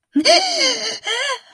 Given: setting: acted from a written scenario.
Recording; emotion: vocal sound without words; fear